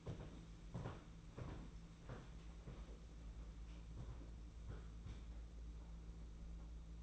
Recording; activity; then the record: daily activity, microphone in the room; walk to room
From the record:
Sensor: 1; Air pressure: 992.0 hPa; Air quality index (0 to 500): 216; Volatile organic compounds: 1000 ppm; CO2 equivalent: 8426 ppm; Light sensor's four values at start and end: 22/75/29/29 and 22/77/30/30